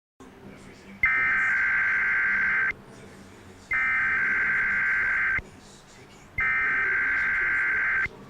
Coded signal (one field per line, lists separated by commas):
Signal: Emergency Alert System (SAME) tones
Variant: header bursts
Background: speech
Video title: EAS #92 - Severe Thunderstorm Warning: St. Johns County, FL